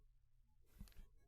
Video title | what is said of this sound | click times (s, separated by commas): HOW TO ASSEMBLE YOUR GREAT NORTHERN POPCORN KEGERATOR.mp4 | and it will secure and lock into place | 0.9 s